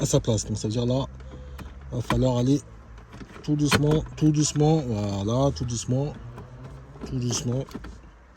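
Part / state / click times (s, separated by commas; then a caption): parking brake switch into center console / not seated / none. A new electric parking brake switch module for a Peugeot 5008 or 3008 is eased slowly by hand into its opening in the centre console trim while someone talks. Only handling noise and speech are heard, and nothing has seated or clicked yet.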